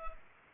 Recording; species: mosquito wingbeat signal from an infrared sensor; Culex pipiens